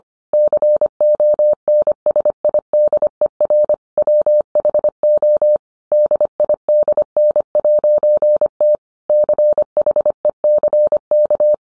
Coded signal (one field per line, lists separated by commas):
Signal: Morse code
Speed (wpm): 25 wpm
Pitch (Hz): 600 Hz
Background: none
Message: CONSIDER WHO DIDN'T CHECK